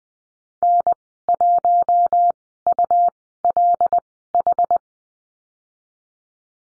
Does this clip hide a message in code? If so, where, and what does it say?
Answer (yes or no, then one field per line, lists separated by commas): yes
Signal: Morse code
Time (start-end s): 0.6-4.8 s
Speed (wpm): 20 wpm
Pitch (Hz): 700 Hz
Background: none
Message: N1ULH